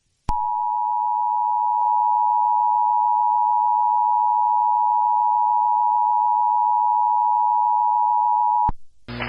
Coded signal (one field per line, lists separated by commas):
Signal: Emergency Alert System (SAME) tones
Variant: 853 and 960 Hz attention tone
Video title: An EAS series